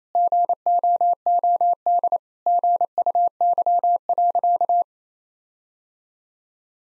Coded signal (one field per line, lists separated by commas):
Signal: Morse code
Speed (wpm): 28 wpm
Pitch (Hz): 700 Hz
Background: none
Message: GOOD GUY.